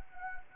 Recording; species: mosquito wingbeat signal from an infrared sensor; Anopheles arabiensis